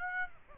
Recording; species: mosquito wingbeat signal from an infrared sensor; Aedes aegypti